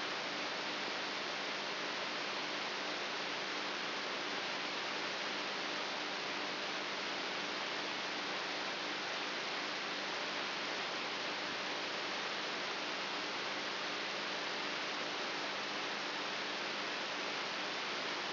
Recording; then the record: brain microelectrode recording played as sound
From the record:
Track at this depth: inside the subthalamic nucleus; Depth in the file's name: 4.64 mm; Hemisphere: right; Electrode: 3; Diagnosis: Parkinson's disease